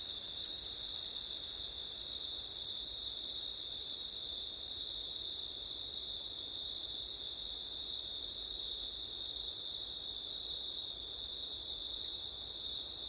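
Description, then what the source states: Crickets maintain a shrill, seamless trilling chorus, bright and steady across the whole stretch, with a faint background hush. Crickets singing on a September night, with wind; recorded with ortif setup.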